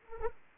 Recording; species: mosquito wingbeat signal from an infrared sensor; Anopheles arabiensis